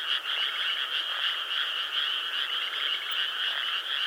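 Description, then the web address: Frogs call in a dense continuous chorus of trilling, rattling notes that overlap with no pause. Frogs at the Mabechigawa River. "Sound Effects-Foundation 1 ANIMALS FROGS MABECHIGAWA RIVER"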